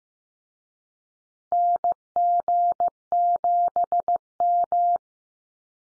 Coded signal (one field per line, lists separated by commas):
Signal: Morse code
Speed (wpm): 15 wpm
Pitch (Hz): 700 Hz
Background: none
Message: NG7M